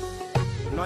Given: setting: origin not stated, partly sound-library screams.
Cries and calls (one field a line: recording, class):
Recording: one-second piece from a danger detection set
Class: normal situation